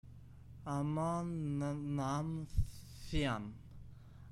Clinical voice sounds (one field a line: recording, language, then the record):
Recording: elicited speech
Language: Bengali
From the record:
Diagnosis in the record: Broca's or global aphasia after a stroke